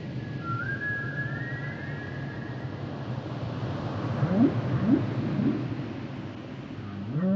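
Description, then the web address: Whale song with one long slowly rising whistled tone, then a few short low upsweeps, over rumbling noise. "Natures Songs Whale Songs Whales and Dolphins - whale nature sounds songs"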